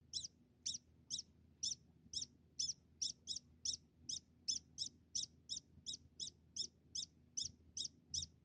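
Degu giving many short, high squeaky chirps in a rapid series, over a low rumbling background hum.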